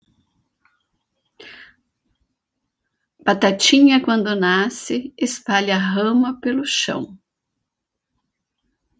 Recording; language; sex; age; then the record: short text; Brazilian Portuguese; female; 50 to 59 years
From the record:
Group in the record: control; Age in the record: 57 years